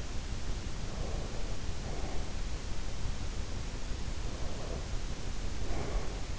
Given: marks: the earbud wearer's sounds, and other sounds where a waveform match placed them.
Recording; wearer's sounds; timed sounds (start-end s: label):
sounds in sleep by an in-ear microphone; breath
0.77-2.70 s: breath
4.03-6.26 s: breath